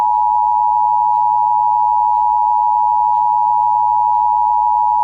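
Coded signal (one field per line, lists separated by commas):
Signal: Emergency Alert System (SAME) tones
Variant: 853 and 960 Hz attention tone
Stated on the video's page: Emergency Alert System alerts for two Winter Storm Warnings.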